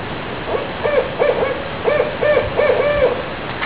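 Owl hooting: a series of several short, mid-pitched hoots over about three seconds, with low background noise.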